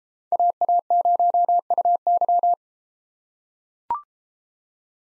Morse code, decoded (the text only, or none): AA0UY